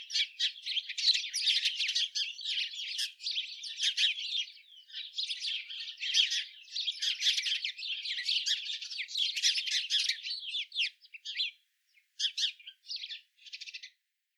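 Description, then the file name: House sparrows chirping in a dense, continuous chattering chorus of many overlapping chirps, thinning into short bursts with brief pauses near the end. "Passer domesticus"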